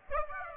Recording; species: mosquito wingbeat signal from an infrared sensor; Aedes aegypti